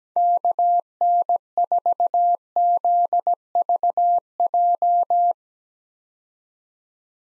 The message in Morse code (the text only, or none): KN4ZVJ